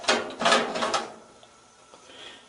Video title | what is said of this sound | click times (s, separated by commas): Whirlpool Washing Machine Not Starting Or Not Spinning - The Door Safety Switch | on this tab until it snaps in place | 0.1 s